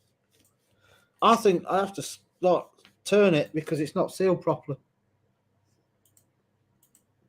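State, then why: Seated. Someone talks while turning and pushing a leaking part back into its socket, because it is leaking from the seal rather than the socket and is not sealed properly. After the talking stops, small clicks are heard at 6.2 s and 7.0 s as the part seats back into its socket.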